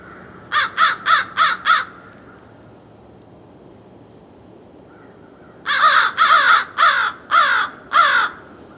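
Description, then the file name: American crow giving harsh, grating caws: a run of five quick calls, a pause of several seconds, then several more, the last ones spaced wider apart. "Corvus brachyrhynchos - American Crow"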